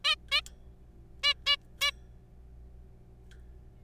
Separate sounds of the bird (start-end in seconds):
0.05-0.15, 0.32-0.41, 1.23-1.34, 1.46-1.56, 1.81-1.91